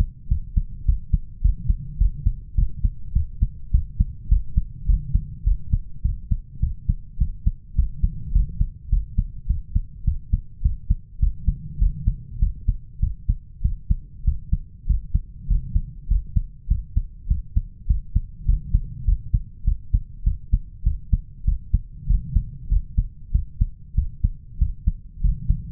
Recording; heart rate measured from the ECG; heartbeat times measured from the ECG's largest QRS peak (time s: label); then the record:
heart sounds by stethoscope; 101 bpm
0.30 s: heartbeat
0.88 s: heartbeat
1.44 s: heartbeat
2.00 s: heartbeat
2.57 s: heartbeat
3.15 s: heartbeat
3.73 s: heartbeat
4.31 s: heartbeat
4.89 s: heartbeat
5.46 s: heartbeat
6.04 s: heartbeat
6.62 s: heartbeat
7.20 s: heartbeat
7.78 s: heartbeat
8.35 s: heartbeat
8.92 s: heartbeat
9.49 s: heartbeat
10.07 s: heartbeat
10.64 s: heartbeat
11.22 s: heartbeat
11.81 s: heartbeat
12.41 s: heartbeat
13.02 s: heartbeat
13.64 s: heartbeat
14.27 s: heartbeat
14.89 s: heartbeat
15.50 s: heartbeat
16.10 s: heartbeat
16.70 s: heartbeat
17.30 s: heartbeat
17.89 s: heartbeat
18.48 s: heartbeat
19.07 s: heartbeat
19.67 s: heartbeat
20.26 s: heartbeat
20.86 s: heartbeat
21.47 s: heartbeat
22.09 s: heartbeat
22.71 s: heartbeat
23.34 s: heartbeat
23.97 s: heartbeat
24.61 s: heartbeat
25.23 s: heartbeat
From the record:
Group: healthy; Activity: cold pressor test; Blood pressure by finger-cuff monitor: 151/98 mmHg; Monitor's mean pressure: 117 mmHg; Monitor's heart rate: 102 bpm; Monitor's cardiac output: 7.6 L/min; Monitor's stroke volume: 75 mL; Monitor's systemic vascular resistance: 1140 dyn s/cm5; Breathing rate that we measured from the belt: 18 breaths a minute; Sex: male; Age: 21 years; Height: 175 cm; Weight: 72.6 kg